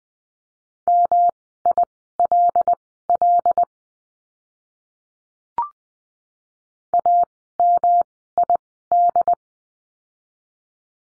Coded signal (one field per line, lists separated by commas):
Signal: Morse code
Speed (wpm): 20 wpm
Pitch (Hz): 700 Hz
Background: none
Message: MILL AMID